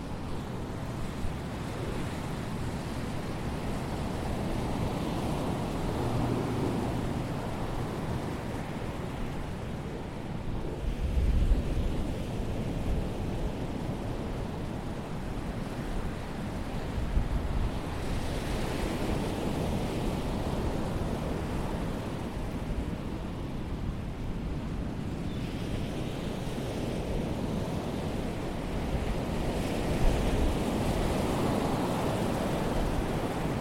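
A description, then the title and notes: Surf at Jones Beach: a steady, dense roar of waves that swells in broad surges roughly every six to seven seconds, with brighter washes near 4, 17, 24 and 31 seconds. Low rumbling gusts, like wind buffeting the microphone, thump underneath throughout. Jones Beach.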